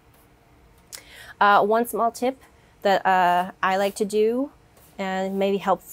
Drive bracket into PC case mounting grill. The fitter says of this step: press down it should snap into place and be secure